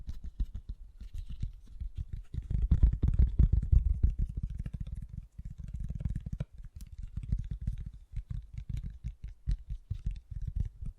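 Fast, gentle tapping runs the whole way through as a dense stream of soft, low, muffled taps with little brightness. It swells fullest around the third to fourth second, pauses briefly near five seconds, then continues in looser, more separated bursts.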